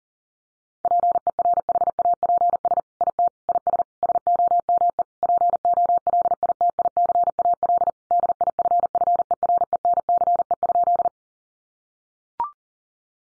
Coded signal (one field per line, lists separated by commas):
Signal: Morse code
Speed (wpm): 40 wpm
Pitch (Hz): 700 Hz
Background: none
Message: PERHAPS IT IS SOME POLITICAL DIFFERENCE?